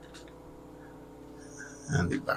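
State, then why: Not seated. Someone talks while fitting the plastic cape shoulder cap on the second side of a Jada Toys M. Bison action figure from Ultra Street Fighter 2, putting the front of the cap into the torso first and lining it up. Quiet handling gives way to a brief burst of plastic rubbing and tapping around 1.9 to 2.3 seconds. The back has not been clipped in yet, so nothing has seated or clicked.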